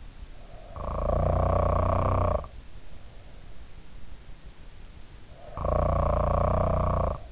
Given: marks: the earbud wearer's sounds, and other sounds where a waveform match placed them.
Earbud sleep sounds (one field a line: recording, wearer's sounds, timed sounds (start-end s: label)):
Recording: sounds in sleep by an in-ear microphone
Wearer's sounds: snoring breath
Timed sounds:
0.31-2.79 s: snoring breath
5.17-7.31 s: snoring breath